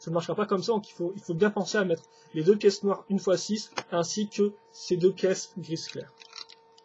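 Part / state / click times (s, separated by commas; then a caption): toy brick sub-assembly onto plates / seated / 6.4 s. Someone talks while a plastic toy brick sub-assembly is placed onto gray and black 1x6 plates. At 6.4 s it snaps onto the studs with a short, sharp click, followed by two fainter ticks, and the assembly is seated, fitting together perfectly.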